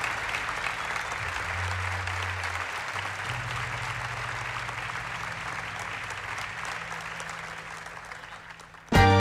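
Sustained audience applause, a dense wash of many hands clapping steadily at an even loudness for several seconds, with a low hum underneath before it cuts off abruptly.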